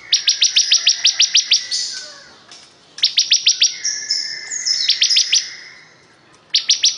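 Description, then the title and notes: Bar-winged prinia singing long runs of quick, sharp, high-pitched chips, broken by thin, sliding whistles and brief gaps before the next burst. Singing vigorously (gacor). "Suara Burung Ciblek Gacor"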